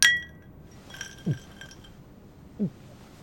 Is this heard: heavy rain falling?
no